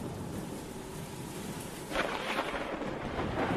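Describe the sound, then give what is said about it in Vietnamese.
Steady rain hisses over a low, continuous rumble of thunder echoing across a field in a storm, which swells louder about halfway through as gusts of wind add a brighter, rushing wash on top. No voices. “Trên trời sấm sét mưa gió, cứ đùng đoàng, vang rền cả cánh đồng.”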